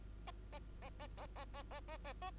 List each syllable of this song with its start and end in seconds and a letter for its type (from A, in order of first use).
0.27-0.31 A, 0.53-0.59 A, 0.82-0.90 A, 0.99-1.07 A, 1.17-1.26 A, 1.36-1.45 A, 1.54-1.63 A, 1.71-1.80 A, 1.88-1.97 A, 2.04-2.13 A, 2.21-2.31 A